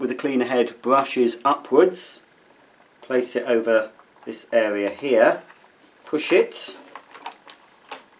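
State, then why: Seated. Someone talks while fitting the cleaner head of a Dyson Small Ball Multifloor vacuum cleaner, brushes facing upwards, over the mounting area on the upright vacuum base and pushing it on. A short burst of sharp clicks follows near the end, and the plastic catch clicks into place at 7.3 s, seating the head.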